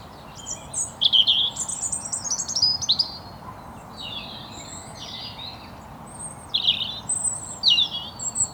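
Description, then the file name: European robin singing high, thin, varied notes: slurred whistles, quick twitters and brief trills, quieter in the middle, with steady low background noise. "Erithacus rubecula"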